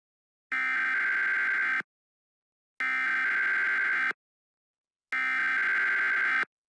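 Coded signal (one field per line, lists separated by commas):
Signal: Emergency Alert System (SAME) tones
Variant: header bursts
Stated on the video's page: Joke mock EAS scenario with simulated alert tones for a fictional watch.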